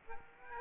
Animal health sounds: mosquito wingbeat signal from an infrared sensor; Aedes aegypti

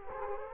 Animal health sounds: mosquito wingbeat signal from an infrared sensor; Culex quinquefasciatus

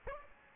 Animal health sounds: mosquito wingbeat signal from an infrared sensor; Aedes aegypti

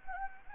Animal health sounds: mosquito wingbeat signal from an infrared sensor; Anopheles gambiae

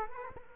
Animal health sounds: mosquito wingbeat signal from an infrared sensor; Culex quinquefasciatus

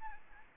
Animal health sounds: mosquito wingbeat signal from an infrared sensor; Aedes albopictus

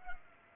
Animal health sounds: mosquito wingbeat signal from an infrared sensor; Culex pipiens

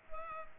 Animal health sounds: mosquito wingbeat signal from an infrared sensor; Culex pipiens

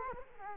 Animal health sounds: mosquito wingbeat signal from an infrared sensor; Culex quinquefasciatus

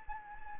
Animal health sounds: mosquito wingbeat signal from an infrared sensor; Anopheles gambiae

